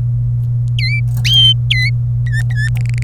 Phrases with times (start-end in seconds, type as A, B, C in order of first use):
0.79-1.00 A, 1.70-1.90 A, 2.27-2.69 B, 2.77-3.03 C